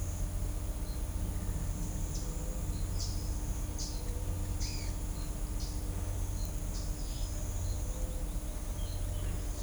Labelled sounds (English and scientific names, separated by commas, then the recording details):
Pale-eyed Pygmy Tyrant (Atalotriccus pilaris)
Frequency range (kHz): Pale-eyed Pygmy Tyrant (Atalotriccus pilaris) 1.8-8.5 kHz
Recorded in shrubland near Pivijay, Magdalena, Colombia, on 2 June 2023 at 08:30
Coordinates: 10.453, -74.365
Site P5-G022